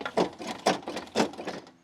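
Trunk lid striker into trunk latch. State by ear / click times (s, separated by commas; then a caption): partly seated / 0.7 s. The trunk lid of a 2008 BMW X5 E70 4.8 is closed so its striker meets a faulty trunk latch and soft-close motor, producing a series of short broadband clacks and knocks, with the loudest clack at 0.7 s. The latch catches there but, because the latch and soft-close motor are faulty, it does not pull the lid fully closed, leaving the trunk only partly shut.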